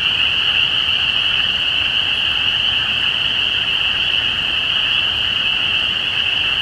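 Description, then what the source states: Spring peepers in a thick chorus, unbroken high-pitched peeping that holds steady throughout, with faint low background rumble. Recorded at Easter 2017.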